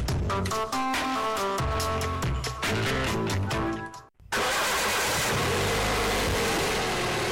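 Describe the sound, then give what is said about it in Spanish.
A short musical jingle cuts off, then after a brief pause a car engine starts up and revs loudly, holding a steady, rough roar until the end. “Menudo coche.”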